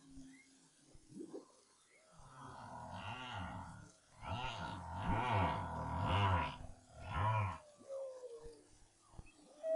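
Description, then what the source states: Humpback whale song, quieter and dense, with overlapping arching moans and pulsed grunts in rapid succession over a hissy background. 2011, BRAHSS project.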